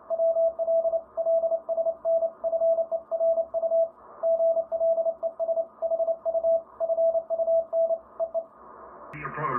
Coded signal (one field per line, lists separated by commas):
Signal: Morse code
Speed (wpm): 30 wpm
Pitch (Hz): 660 Hz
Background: speech, radio noise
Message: WL LSN FE RU GLES HU FUN EE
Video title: Close Lid. Turn Knob. Work DX!